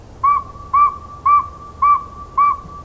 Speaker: This nighttime whistler's a northern saw-whet owl.